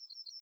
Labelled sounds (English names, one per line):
Yellowhammer song